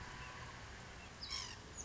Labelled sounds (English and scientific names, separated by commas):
White-breasted Nuthatch (Sitta carolinensis)